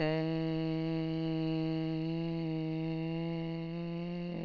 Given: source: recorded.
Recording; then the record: sustained vowel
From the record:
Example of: vocal nodule